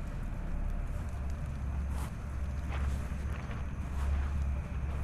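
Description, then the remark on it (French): A hot, dusty wind blows in a steady low roar, swelling in gentle gusts, with faint rustling and a few brief crackly bursts scattered through. “Et pour tout arranger, le vent s'était levé. Un vent brûlant et empli de poussière.”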